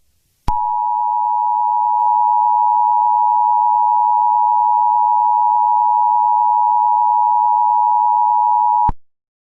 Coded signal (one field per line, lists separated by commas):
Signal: Emergency Alert System (SAME) tones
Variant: 853 and 960 Hz attention tone